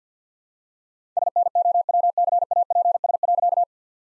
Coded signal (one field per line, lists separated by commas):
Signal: Morse code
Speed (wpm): 48 wpm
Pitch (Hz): 700 Hz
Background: none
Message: SNOWCAPS.